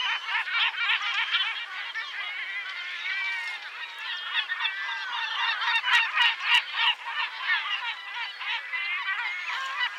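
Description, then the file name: Yellow-legged gull calls: a steady babble of many gulls giving strident, repeated yelping and mewing notes, with scattered sharp clicks. "Goéland leucophée (Larus michahellis) - Cris et chants"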